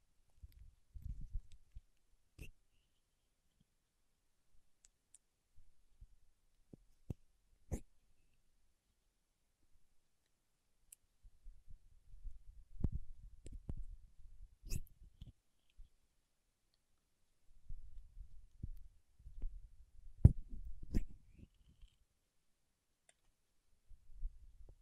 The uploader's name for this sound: Paraffin Wax Peeling, Tapping and Scratching